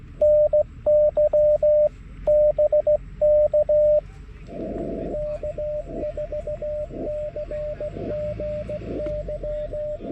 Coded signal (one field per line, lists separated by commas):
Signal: Morse code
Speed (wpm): 16 wpm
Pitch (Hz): 600 Hz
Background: radio noise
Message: NY BK K4CGY